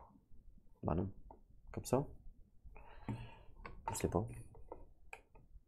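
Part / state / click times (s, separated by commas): airlock game piece into the game board / seated / 5.1 s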